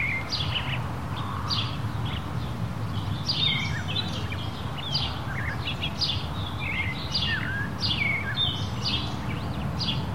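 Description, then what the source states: Birds chirping busily, with many overlapping high chips and a few downward-swooping whistles throughout, set against a continuous blustery wind. Countryside in Mexico, daytime, windy conditions.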